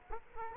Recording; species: mosquito wingbeat signal from an infrared sensor; Culex quinquefasciatus